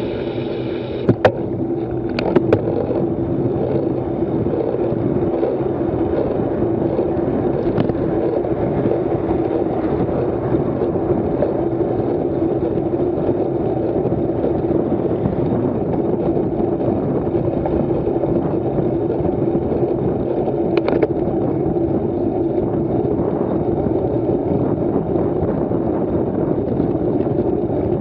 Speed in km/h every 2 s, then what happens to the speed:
23, 28, 28, 25, 25, 28, 30, 30, 29, 28, 29, 30, 32, 29.
0-28 steady at about 28.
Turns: none.